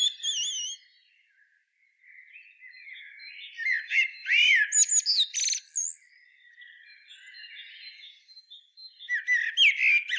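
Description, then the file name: Common blackbird calls: a burst of wavering high notes, then a busy mix of harsh squawks, sharp chirps and brief whistled phrases, with a quieter pause before more chatter. "Turdus merula"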